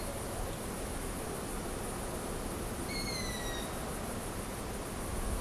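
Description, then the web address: Owl call: a single thin, gently descending whistled note lasting under a second, set against constant hissing background noise. "Voegel kautz"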